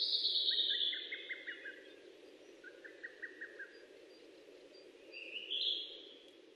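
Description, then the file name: Birdsong: a high, sweet phrase, then two short runs of quick repeated notes, and another high phrase near the end, over a steady low hum. Recorded 29 May 2004. "040529 saezuri"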